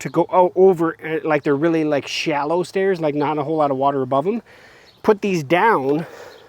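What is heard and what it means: Someone talks while handling the white plastic adjustable guide pieces on the underside of a Betta SE solar-powered floating robotic pool cleaner, which are pressed in by a release button and dropped down to lock into a lower position to keep the robot off shallow stairs. Speech fills most of the clip, with a brief quieter stretch of faint handling noise near the end. Nothing has seated or clicked into place yet.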